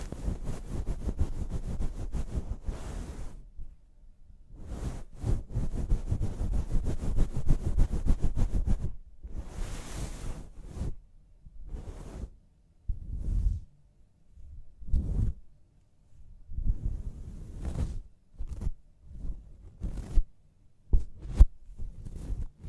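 Scalp massage during a hair wash: rough, low rubbing and scrubbing strokes in long dense runs over the first ten seconds, with a brief brighter hiss around ten seconds. After that the strokes turn into short separate bursts every second or two, with quiet gaps between.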